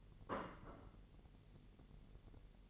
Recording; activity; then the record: daily activity, microphone in the room; place plate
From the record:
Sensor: 4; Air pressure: 1002.9 hPa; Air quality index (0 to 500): 248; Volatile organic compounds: 20 ppm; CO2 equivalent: 2691 ppm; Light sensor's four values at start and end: 5/12/4/5 and 5/12/4/5